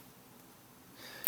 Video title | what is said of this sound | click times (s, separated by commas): LEGO Fortnite 2024 Battle Bus 77073 Build Part 2 | snaps right in there | 1.3 s